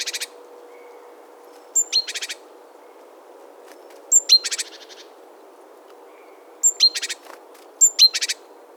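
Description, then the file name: Great tit calls: a thin high whistle dropping to a lower note, then a short burst of buzzy notes, repeated several times. "Parus major"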